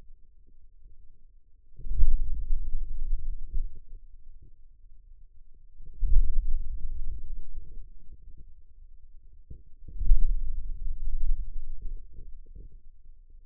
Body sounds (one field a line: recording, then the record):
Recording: forearm muscle sounds (acoustic myography)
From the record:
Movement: hand closing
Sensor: system 2, bracelet of six BSWA MPA416 microphones around the upper forearm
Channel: 6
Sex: male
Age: 22 years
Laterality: right